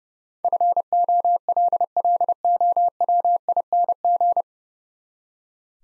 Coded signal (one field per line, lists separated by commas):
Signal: Morse code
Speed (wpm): 31 wpm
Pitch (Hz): 700 Hz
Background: none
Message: FOLLOWING